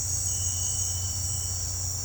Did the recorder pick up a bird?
no